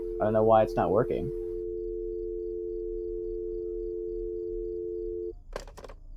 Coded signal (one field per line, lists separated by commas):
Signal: telephone call progress tone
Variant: North America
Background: speech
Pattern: dial tone